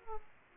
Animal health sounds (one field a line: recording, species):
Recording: mosquito wingbeat signal from an infrared sensor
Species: Aedes aegypti